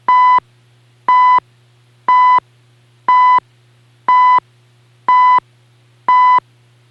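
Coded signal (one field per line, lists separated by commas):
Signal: radio time signal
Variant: CHU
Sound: seven short 1 kHz beeps, one each second, over a steady low hum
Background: electrical hum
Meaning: Each beep marks one second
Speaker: and now the signal at 7.85 megahertz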